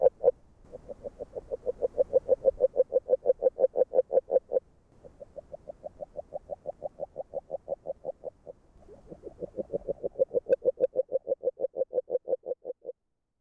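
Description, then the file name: Agile frog calling in runs of soft, rapidly repeated knocking notes separated by brief gaps. Hungary. "Magyarorsz g B kahangjai - Erdei beka Agile Frog"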